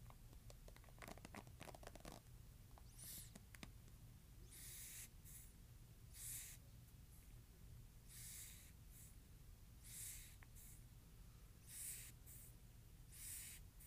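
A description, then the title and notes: Stiff brush bristles are stroked, each pass a short bright hiss lasting under a second, coming about once a second after a burst of quick ticking taps in the first two seconds. A soft low hum sits steadily underneath. ASMR Brush Bristles.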